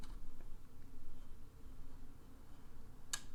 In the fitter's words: here that click